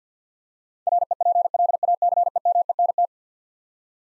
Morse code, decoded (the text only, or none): REPLACEMENT